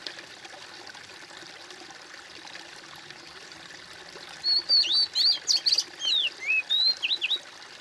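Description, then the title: Bird: after a quiet hissy stretch, a bird bursts into a rapid phrase of high, twisting whistled notes lasting about three seconds. "kOMPILASI suara bird"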